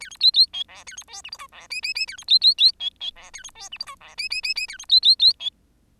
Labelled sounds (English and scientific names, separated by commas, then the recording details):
Bengalese Finch (Lonchura striata domestica) song
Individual Bird10